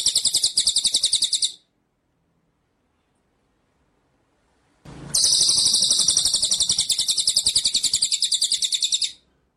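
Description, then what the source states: White-rumped shama song: a fast rattling trill ends, silence follows, then a short thump and a second long, even, buzzy roll of pulses lasting about four seconds. Masteran training track of full 'ngerol' (rolling) and 'nembak' (shooting) song styles.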